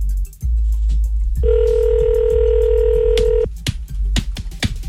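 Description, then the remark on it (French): A steady, unbroken telephone dial tone hums on the line for about two seconds, framed by sharp clicks and crackles before and after, with a low rumble underneath. “Oui, attends, j'ai un problème avec le téléphone.”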